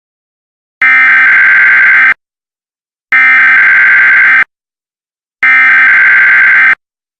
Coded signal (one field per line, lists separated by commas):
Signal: Emergency Alert System (SAME) tones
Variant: header bursts